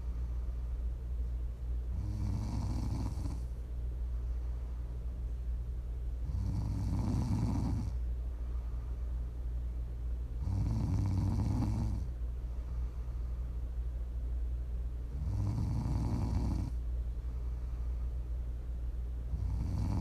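Regular low, rattling snores recur about every four to five seconds, roughly 13 per minute, with quieter breathing and a steady low hum between them. This is ordinary sleep snoring.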